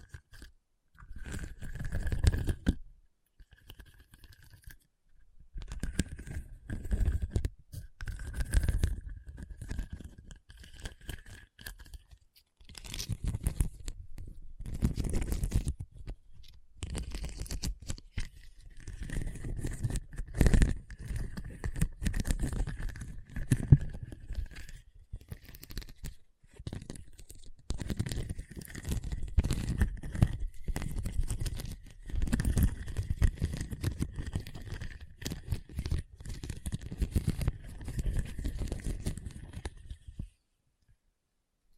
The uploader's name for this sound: Hard and Bumpy Surface Scratching